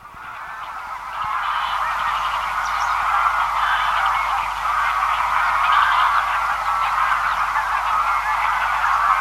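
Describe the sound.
A chorus of greylag goose honks swells up at the start, then continues as a dense, even, overlapping chatter.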